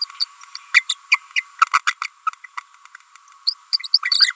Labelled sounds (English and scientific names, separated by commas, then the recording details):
Green-rumped Parrotlet (Forpus passerinus) babbling
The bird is a female
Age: 30 days
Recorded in a nest box in Venezuela
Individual 17B42A4